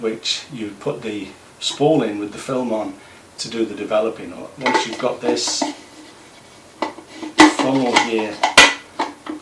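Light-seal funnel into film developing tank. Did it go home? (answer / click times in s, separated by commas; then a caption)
yes / 8.6 s. Someone talks while fitting a plastic light-seal funnel into a plastic film developing tank, which holds the spool with the film on it for developing. Light plastic knocks and taps sound before the funnel clicks sharply into place at 8.6 s, leaving the tank light sealed.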